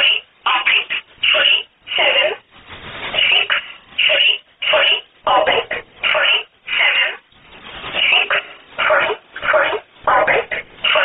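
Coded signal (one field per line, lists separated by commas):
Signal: numbers station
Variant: E11 Oblique, English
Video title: 25 08 2017 Numbers station E11 Oblique in English to Eu 0710 on 10429 unknown tx site in USB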